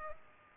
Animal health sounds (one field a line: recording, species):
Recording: mosquito wingbeat signal from an infrared sensor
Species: Culex pipiens